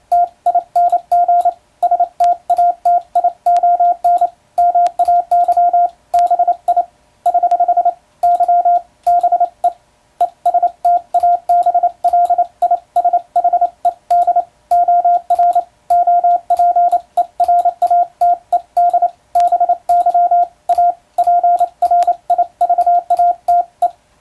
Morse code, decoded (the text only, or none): TING STATION MAY BI <HH> Y BE ESTABLISHED OR OPERATED BY A PRIVATE